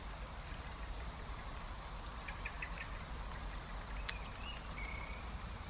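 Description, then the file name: Common blackbird giving two thin, very high, drawn-out whistled notes about five seconds apart over a soft background hiss. "Turdus merula"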